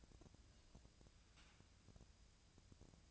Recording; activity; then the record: daily activity, microphone in the room; take from stove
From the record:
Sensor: 2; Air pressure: 999.8 hPa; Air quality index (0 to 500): 123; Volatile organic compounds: 2 ppm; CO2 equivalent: 1063 ppm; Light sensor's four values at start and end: 34/83/36/41 and 34/83/36/41